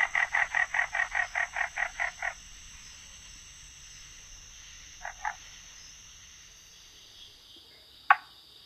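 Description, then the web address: Florida bog frog chucking: a fast series of about a dozen short, clipped notes fading slightly, then a paired chuck, followed by a sharp click. "Songs of Frogs Toads of North America. Florida Bog Frog"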